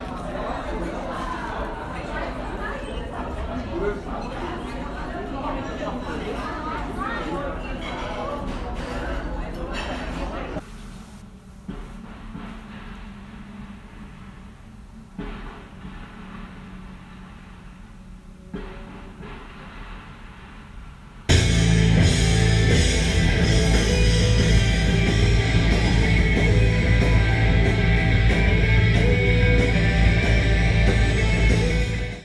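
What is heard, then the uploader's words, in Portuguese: City noise from São Paulo in three distinct parts. For the first ten seconds, busy chatter and voices mix with a low traffic rumble. Next comes a quieter, muffled stretch with murmurs. At about 21 seconds an abrupt cut brings a much louder, dense, bright roar of crowd and street noise. Uma experiência de gravar pequenos trechos com ruídos da capital paulista.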